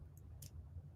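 The small safety latch on a vintage bracelet's metal clasp is slid into place on the clasp body and snaps shut with a faint, bright click at 0.4 s, heard over a steady low hum. A softer, shorter tick comes just before, at about 0.2 s. The latch is seated, though the click is hard to hear.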